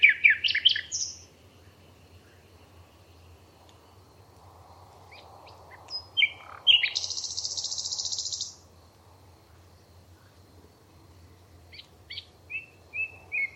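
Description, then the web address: Bird calls: a burst of high chirps, then isolated sharp notes, a long high buzzy phrase lasting about two seconds, and a few more chirps near the end. "Bird Only"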